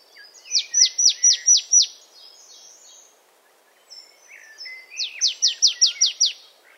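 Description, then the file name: Marsh tit calling two rapid bursts of several sharp, descending notes, separated by a pause with faint chatter. "Poecile palustris"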